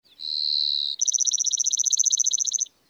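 Lark Bunting song: a steady high whistled note held under a second, followed by a fast, even trill of many clipped notes.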